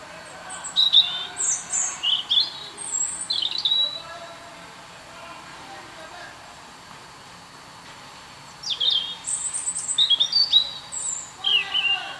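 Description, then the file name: European robin song: phrases of high, sliding whistles and squeaky notes, a quiet gap of several seconds, then another varied, tinkling phrase. "Erithacus rubecula"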